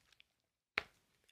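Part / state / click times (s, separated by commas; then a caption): leather phone case corner coming off a phone / released / 0.8 s. A corner of a thick leather phone case is popped off the phone frame, giving a dull thud at 0.8 s rather than a sharp snap. A few faint ticks come before and after it, and the corner comes free of the phone.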